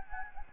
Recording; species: mosquito wingbeat signal from an infrared sensor; Anopheles gambiae